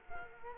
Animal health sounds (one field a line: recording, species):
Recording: mosquito wingbeat signal from an infrared sensor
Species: Culex quinquefasciatus